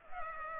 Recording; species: mosquito wingbeat signal from an infrared sensor; Culex pipiens